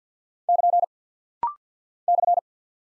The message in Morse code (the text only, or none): <KN> /